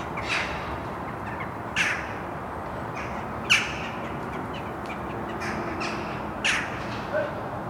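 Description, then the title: Bird calls, harsh and scratchy, sounding singly every second or two against a constant low hum. Birds recorded at Mariahoeve, The Hague, Netherlands, using a Sony PCM D50. "Mariahoeve, Den Haag, Nederland - Vogels mariahieve"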